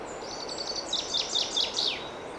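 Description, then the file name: Common chaffinch song phrase: a fast, thin, high trill followed by five louder, sweeping notes that each drop in pitch, over a steady hiss. "Fringilla coelebs"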